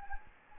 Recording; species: mosquito wingbeat signal from an infrared sensor; Anopheles gambiae